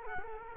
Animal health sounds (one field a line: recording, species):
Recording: mosquito wingbeat signal from an infrared sensor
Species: Culex quinquefasciatus